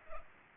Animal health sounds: mosquito wingbeat signal from an infrared sensor; Culex pipiens

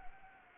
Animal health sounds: mosquito wingbeat signal from an infrared sensor; Anopheles gambiae

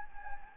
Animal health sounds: mosquito wingbeat signal from an infrared sensor; Anopheles gambiae

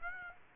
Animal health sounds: mosquito wingbeat signal from an infrared sensor; Aedes aegypti

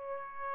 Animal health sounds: mosquito wingbeat signal from an infrared sensor; Aedes albopictus

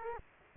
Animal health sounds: mosquito wingbeat signal from an infrared sensor; Culex quinquefasciatus

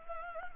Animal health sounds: mosquito wingbeat signal from an infrared sensor; Anopheles gambiae

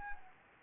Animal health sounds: mosquito wingbeat signal from an infrared sensor; Anopheles gambiae

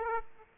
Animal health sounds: mosquito wingbeat signal from an infrared sensor; Aedes aegypti

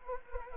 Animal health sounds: mosquito wingbeat signal from an infrared sensor; Anopheles arabiensis

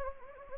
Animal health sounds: mosquito wingbeat signal from an infrared sensor; Anopheles gambiae

